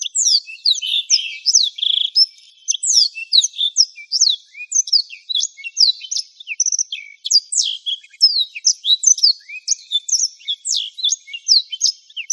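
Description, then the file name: Black-throated canary song: a long, lively stream of very high, rapidly repeated downslurred chirps and twittering trills, almost without pause, on a quiet background. "suara burung blackthroat"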